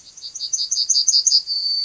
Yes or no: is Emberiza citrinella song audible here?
yes